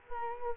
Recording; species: mosquito wingbeat signal from an infrared sensor; Culex quinquefasciatus